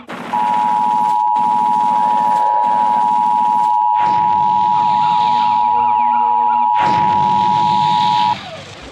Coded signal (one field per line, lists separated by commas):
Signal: Emergency Alert System (SAME) tones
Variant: 853 and 960 Hz attention tone